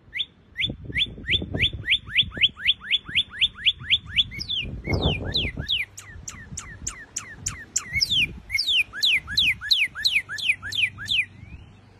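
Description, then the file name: Northern cardinal song: a fast series of short slurred notes, then a series of broader downward-sweeping notes. "canto do cardeal vermelho americano"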